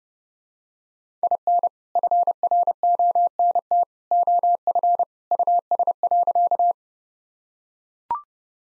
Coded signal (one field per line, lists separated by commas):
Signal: Morse code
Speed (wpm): 32 wpm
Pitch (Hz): 700 Hz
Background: none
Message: IN FRONT OF US.